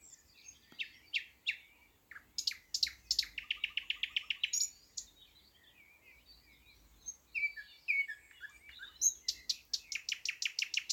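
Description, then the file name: Thrush nightingale singing varied phrases: clicking and chattering notes, a dense rattling burst, scattered twittering, then another rapid series of repeated harsh notes. "thrush nightingale - luscinia luscinia"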